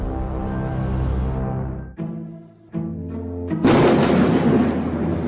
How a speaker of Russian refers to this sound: Ну и гроза. Пойду окно закрою. Гром, а дождя нет.